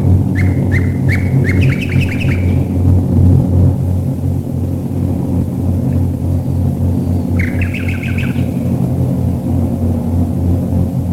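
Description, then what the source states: Common nightingale song with quick repeated chirps rising into a trill, then a second short phrase, under a loud rumbling drone of aircraft engines. Nightingales singing while bombers fly overhead, 1942.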